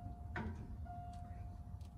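An axle shaft is pushed inward so its C-clip can seat in the rear differential of a 1988 Ford F-150 during a rear axle bearing change. A single sharp metallic hit sounds at 0.4 s over a low steady hum. The C-clip is not fully seated.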